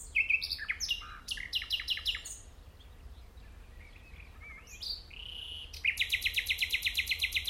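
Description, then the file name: Common nightingale song opening with quick, sharp, clicking notes, a short pause and a few more notes, then a steady, fast, repeated pulsing trill to the end. "Luscinia megarhynchos"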